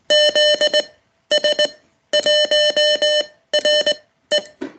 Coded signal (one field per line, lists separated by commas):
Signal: Morse code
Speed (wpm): 19 wpm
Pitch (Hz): 590 Hz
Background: none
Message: ZS1RE